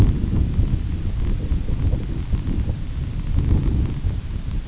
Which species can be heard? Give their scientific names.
none